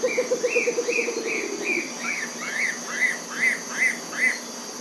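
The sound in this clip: Bare-legged owl call, a fast pulsed series of low notes lasting about two seconds and dropping slightly, with higher arched notes repeated steadily throughout, over a steady insect hiss.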